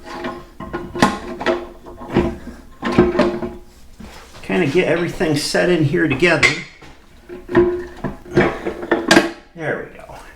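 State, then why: Seated. A Farmall Super C tractor's differential assembly and its parts are set together into the cast-iron transmission housing during reassembly while someone talks, with metallic knocks and scrapes throughout. Sharp metallic clicks at 8.9 and 9.1 seconds mark the differential seating into place in the housing.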